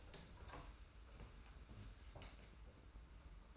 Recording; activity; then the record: daily activity, microphone in the room; open door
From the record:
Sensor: 2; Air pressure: 991.4 hPa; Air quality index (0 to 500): 152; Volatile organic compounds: 473 ppm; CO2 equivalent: 4783 ppm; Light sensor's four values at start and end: 32/94/37/35 and 32/94/37/35